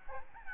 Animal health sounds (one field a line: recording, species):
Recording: mosquito wingbeat signal from an infrared sensor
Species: Aedes albopictus